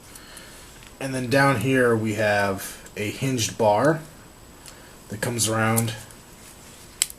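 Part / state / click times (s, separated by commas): hinged wrist bar into its catch on a prop glove / seated / 7.0 s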